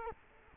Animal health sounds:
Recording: mosquito wingbeat signal from an infrared sensor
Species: Culex quinquefasciatus

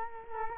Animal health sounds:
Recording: mosquito wingbeat signal from an infrared sensor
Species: Culex quinquefasciatus

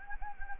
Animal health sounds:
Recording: mosquito wingbeat signal from an infrared sensor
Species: Anopheles gambiae

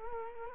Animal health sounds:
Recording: mosquito wingbeat signal from an infrared sensor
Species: Culex quinquefasciatus

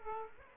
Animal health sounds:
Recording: mosquito wingbeat signal from an infrared sensor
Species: Aedes aegypti

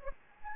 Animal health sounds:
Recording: mosquito wingbeat signal from an infrared sensor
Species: Anopheles arabiensis

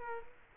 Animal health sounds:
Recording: mosquito wingbeat signal from an infrared sensor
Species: Culex quinquefasciatus

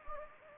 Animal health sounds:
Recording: mosquito wingbeat signal from an infrared sensor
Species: Anopheles gambiae

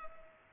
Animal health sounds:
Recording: mosquito wingbeat signal from an infrared sensor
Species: Culex pipiens

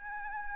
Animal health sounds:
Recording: mosquito wingbeat signal from an infrared sensor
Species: Aedes albopictus

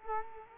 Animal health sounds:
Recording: mosquito wingbeat signal from an infrared sensor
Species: Culex quinquefasciatus

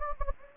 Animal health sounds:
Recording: mosquito wingbeat signal from an infrared sensor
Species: Anopheles gambiae

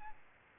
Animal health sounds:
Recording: mosquito wingbeat signal from an infrared sensor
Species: Aedes albopictus

